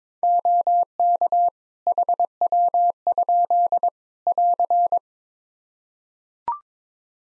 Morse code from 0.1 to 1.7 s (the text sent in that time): OK